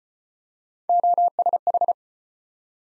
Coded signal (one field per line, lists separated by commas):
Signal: Morse code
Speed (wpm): 34 wpm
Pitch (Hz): 700 Hz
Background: none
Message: OSH